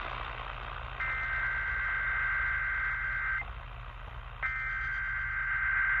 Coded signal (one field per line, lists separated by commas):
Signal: Emergency Alert System (SAME) tones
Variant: header bursts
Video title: Washington DC Required Monthly Test on WFED-AM